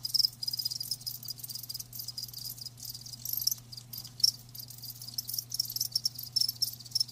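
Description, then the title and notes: Crickets give a dense high shimmering chorus with scattered sharper chirps, over a low steady hum. Live crickets, offered as a lulling song to help with sleep. "Live Crickets Chirping. Enjoy the lulling song of crickets"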